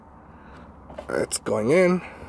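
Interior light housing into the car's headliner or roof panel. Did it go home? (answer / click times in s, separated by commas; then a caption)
no / none. An interior light housing, refitted with LED bulbs, is handled as it goes back into a car's headliner, tab first, with its metal spring clips about to be pushed in. Faint handling noises come at about 0.9 and 1.0 s, and someone talks. Nothing has seated or clicked yet.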